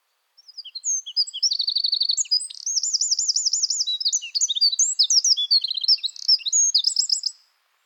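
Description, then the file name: Eurasian wren delivering one complete song of about seven seconds: a fast, high-pitched cascade of sharp notes with several rattling trills, loud throughout. "Troglodytes troglodytes"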